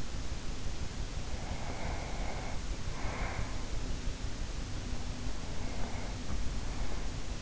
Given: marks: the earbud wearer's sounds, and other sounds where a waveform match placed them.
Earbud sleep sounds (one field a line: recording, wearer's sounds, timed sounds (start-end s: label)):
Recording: sounds in sleep by an in-ear microphone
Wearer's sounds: breath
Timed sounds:
1.28-3.80 s: breath
5.51-7.42 s: breath